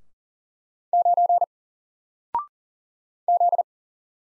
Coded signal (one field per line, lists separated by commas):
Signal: Morse code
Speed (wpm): 40 wpm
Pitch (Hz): 700 Hz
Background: none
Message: 9 Z